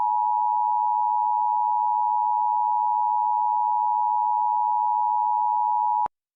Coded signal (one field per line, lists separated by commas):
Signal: Emergency Alert System (SAME) tones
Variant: 853 and 960 Hz attention tone